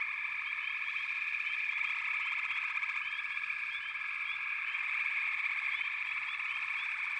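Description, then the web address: Frog chorus, an even high-pitched wash of trills with frequent short rising notes, steady from start to finish. "Nature Songs Nature Sounds The Natural Sounds of the Wilderness 10 CDs collection Echoes of Nature - Frog Chorus"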